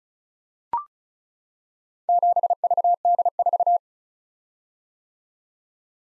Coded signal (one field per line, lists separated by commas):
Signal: Morse code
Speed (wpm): 36 wpm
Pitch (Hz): 700 Hz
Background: none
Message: 7VD4